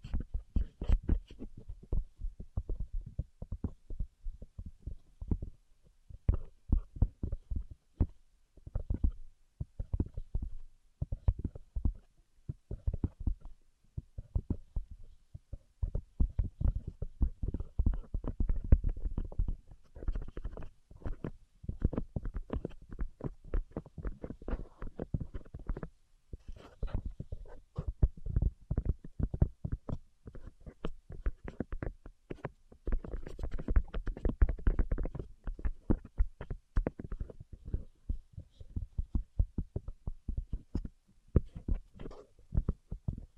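Tapping without talking runs the whole way through, a dense, irregular stream of quick strikes with almost no pauses. Most taps land as soft, low thuds, while scattered ones click out brighter and sharper, with busier, louder patches around the middle and the mid-thirties.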